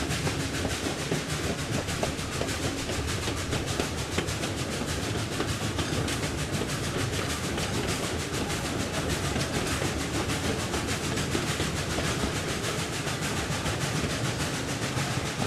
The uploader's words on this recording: Climb aboard this charming 1930s steam locomotive that once traversed the mountains between Alaska and the Yukon. Listen to the chugging of the train engine and rhythmic clatter of wheels on steel rails. The lush scenic woods and rolling hills of Tennessee blur past as you hitch a ride on the pride of Pigeon Forge at this Dollywood amusement park staple.